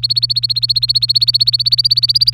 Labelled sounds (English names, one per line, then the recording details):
Domestic Canary song
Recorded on 24 April 2018 at 18:06
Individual llb3